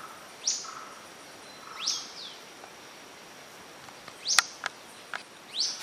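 Bird calls: a few short high chirps at irregular intervals, over a steady hiss with a few sharp clicks.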